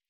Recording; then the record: hydrophone in a shrimp aquaculture tank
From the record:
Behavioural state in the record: starved